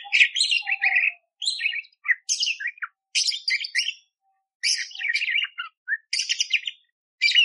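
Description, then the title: Budgerigar warble, nearly continuous chatter of squeaky, buzzy and clicking notes broken by brief pauses. Training (masteran) song for songbirds, described as clear and vigorous (gacor) with rough 'tembakan' shot phrases, suited for training oriental magpie-robins (kacer). "Masteran Burung Parkit Gacor Jernih Full Isian Tembakan Kasar Cocok Buat Kacer"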